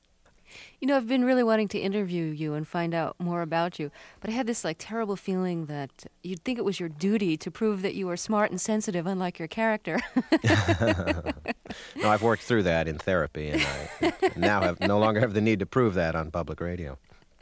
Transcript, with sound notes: You know, I've been really wanting to interview you and find out more about you. But I had this, like, terrible feeling that you'd think it was your duty to prove that you were smart and sensitive unlike your character.
(LAUGHTER)
No, I've worked through that in therapy, and now I no longer have the need to prove that on public radio.